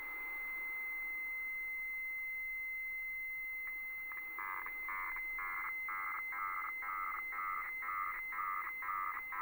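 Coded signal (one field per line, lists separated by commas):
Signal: weather fax (radiofax)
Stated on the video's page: HF weather fax received off shortwave.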